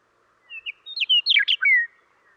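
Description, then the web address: Western meadowlark song: a short whistled opening, then a quick jumble of gurgling, slurred notes, ending in a clear downslurred whistle. The background is otherwise quiet. Western North America. "Dan Gibson Wildlife Identification By Sound, Western North America. Western Meadowlark"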